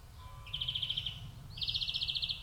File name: Chloris chloris